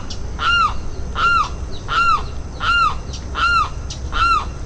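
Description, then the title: Limpkin giving a regular run of six loud, nasal, arched wails, about one every three-quarters of a second, against a low hum. "LuckyPassaro Completos2Sama. Limpkin (Aramus guarauna)"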